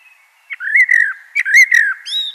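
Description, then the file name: Common blackbird singing two smooth, arching flute-like whistles, each opened by a sharp click, then a thin high note at the end. "Turdus merula"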